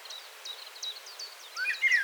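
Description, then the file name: Common blackbird calling with quick high chipping notes in a steady series, then a few louder lower slurred notes near the end. "Turdus merula 181122"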